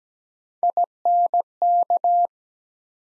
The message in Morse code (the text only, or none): INK